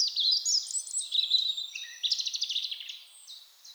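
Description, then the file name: European robin delivering a dense, tumbling song phrase of high liquid notes, breaking into a quick stuttering trill that fades into soft, thin notes. "Erithacus rubecula"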